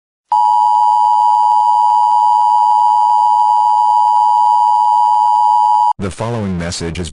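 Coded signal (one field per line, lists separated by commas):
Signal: Emergency Alert System (SAME) tones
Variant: 853 and 960 Hz attention tone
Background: speech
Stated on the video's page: Fictional EAS scenario, simulated alert.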